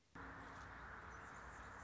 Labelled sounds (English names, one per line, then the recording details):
Anna's Hummingbird
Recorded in Sonoma County, California